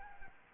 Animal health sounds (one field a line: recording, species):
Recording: mosquito wingbeat signal from an infrared sensor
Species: Anopheles arabiensis